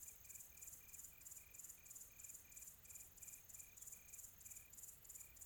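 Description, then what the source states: Cricket chirping in high rhythmic pulses about three per second, alongside a series of short, flat, lower-pitched beeps. Quiet tropical ambience.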